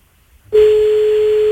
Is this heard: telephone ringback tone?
yes